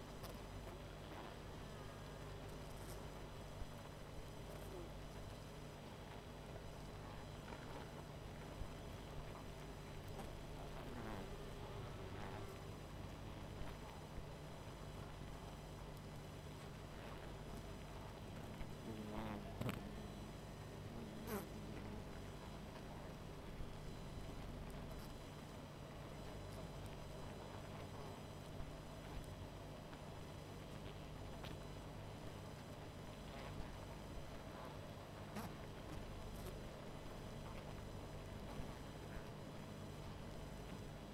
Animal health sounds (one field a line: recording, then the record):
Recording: honeybee colony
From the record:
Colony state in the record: missing queen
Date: 14 July 2017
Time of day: 20:41